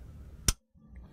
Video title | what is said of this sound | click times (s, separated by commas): Flowmaster Delta Force Cold Air Intake - Chevy Camaro (2010-2015) - 866-591-5820 | bring go ahead and reconnect sensor I'm gonna push it into a hear it snap and then | 0.5 s